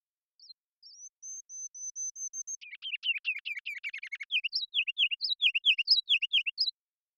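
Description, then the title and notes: Ruby-crowned kinglet full song: thin high introductory notes, a quick rattling twitter, then a run of loud rollicking repeated phrases; nothing else audible. Series of full songs, short songs and phrases, recorded with a parabolic microphone in Washington, Pacific Northwest, United States. "Ruby-crowned Kinglet, Regulus calendula, song performance with a series of full songs, short songs, and phrases. Pacific Northwest in Washington, Unister States"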